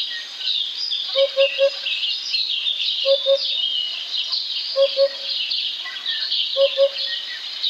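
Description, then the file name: Eurasian hoopoe calling soft, hollow 'oop-oop' phrases of two or three low notes, four phrases in all, against a dense high background chorus. "DUDEK"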